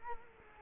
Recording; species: mosquito wingbeat signal from an infrared sensor; Culex quinquefasciatus